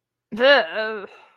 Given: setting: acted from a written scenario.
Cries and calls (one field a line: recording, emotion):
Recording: vocal sound without words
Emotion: disgust